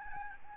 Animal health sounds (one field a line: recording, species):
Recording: mosquito wingbeat signal from an infrared sensor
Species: Aedes albopictus